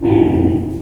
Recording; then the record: squeal of a Yucatan mini pig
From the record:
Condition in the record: before surgery on the right vocal fold (resection and tissue-engineered implant); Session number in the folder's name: 1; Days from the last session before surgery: -21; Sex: female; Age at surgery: 19 weeks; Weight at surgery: 25 kg